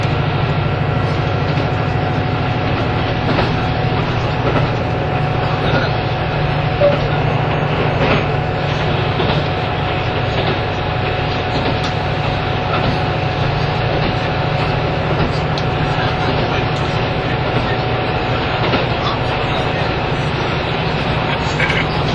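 Running noise of a train travelling between Nagoya and Toyama, a steady, dense rumble with a heavy low roar that holds level throughout. A thin, constant whine sits above it, and faint clicks and knocks from the wheels turn up every few seconds.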